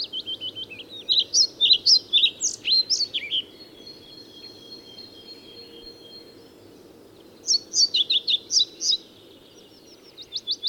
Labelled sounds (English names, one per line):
European Pied Flycatcher song